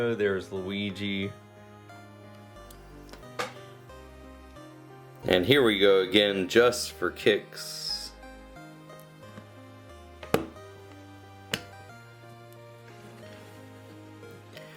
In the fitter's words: I just love how satisfying they are when they snap into place in the most perfect way